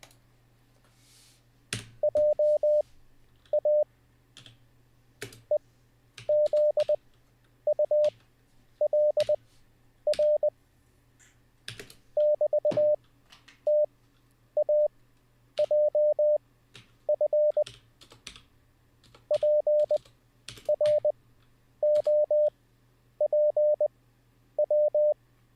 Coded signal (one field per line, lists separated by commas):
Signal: Morse code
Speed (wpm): 20 wpm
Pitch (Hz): 600 Hz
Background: none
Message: JA EZULR <BT>TAJF PROPW